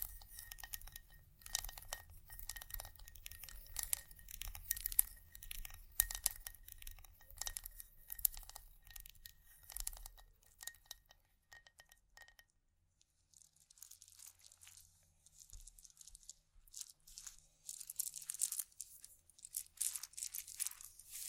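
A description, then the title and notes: Dense scratching and crinkly rubbing, with sharp taps and glassy clicks, fill the first twelve seconds over a steady thin whine and a low hum. After a brief near-silence around thirteen seconds, sparser bright scraping and crackling return to the end. Vinyl,wood,tapping,scratchig,chain,glass,etc.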